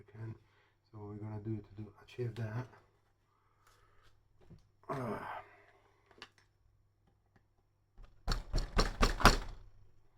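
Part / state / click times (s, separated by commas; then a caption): plastic display-base attachment into base socket/arm / seated / 9.0 s, 9.2 s. A plastic attachment from an aftermarket display base for an MG Gundam RX-78-2 ver.3 1/100 model kit is pushed into the base's socket while someone talks. A few faint taps come first, then a cluster of sharp plastic clicks. The attachment clicks in and seats at about 9.0 s and 9.3 s with a firm bit of resistance.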